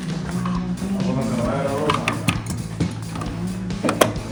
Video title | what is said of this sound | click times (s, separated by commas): 2016-2024 Camaro MP Concepts Rear Spoiler Review & Install | This, hear a nice snap just like that. | 4.0 s